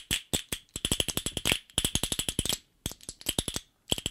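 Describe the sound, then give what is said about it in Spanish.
A pair of mulberry-wood chácaras castanets, each of two leaves, made for a two-year-old child, clack in quick rattling rolls of sharp, bright wooden clicks, broken by a couple of short pauses before the rhythm resumes. “Sí, estas son unas chácaras preparadas para un nieto que tengo 2 años, que por cierto ya las está tocando bastante bien.”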